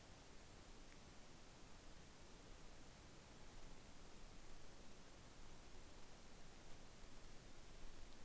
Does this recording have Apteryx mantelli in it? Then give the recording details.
no. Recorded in New Zealand on 18 December 2013. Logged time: 22:59. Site CJ71